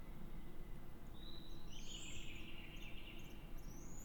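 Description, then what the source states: Eurasian pygmy owl calls: a few thin, high drawn-out squeals, some slightly wavering, over a steady low rumble. Food pass, with various calls of male, female and nestlings.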